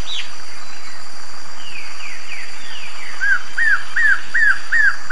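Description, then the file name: White-throated seedeater singing, opening with several high, falling slurred notes, then a rhythmic series of six arched whistles nearly three per second, with constant background noise. "canto do papo branco"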